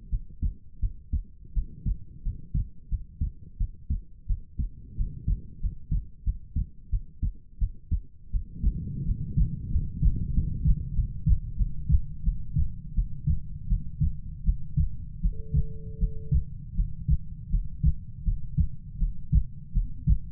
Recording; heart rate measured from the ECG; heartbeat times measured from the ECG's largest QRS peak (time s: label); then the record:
heart sounds by stethoscope; 86 bpm
0.09 s: heartbeat
0.80 s: heartbeat
1.53 s: heartbeat
2.22 s: heartbeat
2.89 s: heartbeat
3.57 s: heartbeat
4.26 s: heartbeat
4.96 s: heartbeat
5.60 s: heartbeat
6.24 s: heartbeat
6.90 s: heartbeat
7.58 s: heartbeat
8.31 s: heartbeat
9.04 s: heartbeat
9.70 s: heartbeat
10.32 s: heartbeat
10.94 s: heartbeat
11.56 s: heartbeat
12.23 s: heartbeat
12.94 s: heartbeat
13.67 s: heartbeat
14.44 s: heartbeat
15.20 s: heartbeat
15.98 s: heartbeat
16.75 s: heartbeat
17.50 s: heartbeat
18.23 s: heartbeat
18.98 s: heartbeat
19.72 s: heartbeat
From the record:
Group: healthy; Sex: female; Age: 19 years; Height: 163 cm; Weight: 48.9 kg